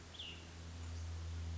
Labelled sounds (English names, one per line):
Cassin's Vireo